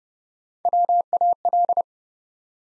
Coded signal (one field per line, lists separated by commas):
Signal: Morse code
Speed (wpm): 30 wpm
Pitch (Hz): 700 Hz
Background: none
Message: WAL